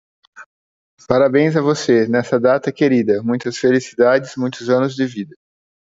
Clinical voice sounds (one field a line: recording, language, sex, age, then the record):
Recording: short text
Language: Brazilian Portuguese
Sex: male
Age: 40 to 49 years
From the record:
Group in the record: control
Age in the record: 49 years